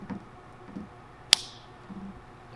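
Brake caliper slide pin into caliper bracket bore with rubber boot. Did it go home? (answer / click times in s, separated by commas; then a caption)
yes / 1.3 s. A greased brake caliper slide pin on a rally Sentra brake upgrade is pushed into its bore in the caliper bracket, with a faint soft sound near the start. At 1.3 s a sharp, bright little click rings out as the rubber boot snaps over the pin, seating it and holding it in place.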